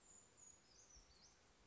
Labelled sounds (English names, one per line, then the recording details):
Brown Creeper
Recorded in Sonoma County, California